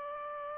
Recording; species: mosquito wingbeat signal from an infrared sensor; Aedes aegypti